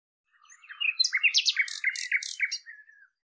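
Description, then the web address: Common nightingale song, a dense phrase of quick varied chirps and repeated clipped notes lasting about three seconds. "cianscape birddata Deverinetal 2025"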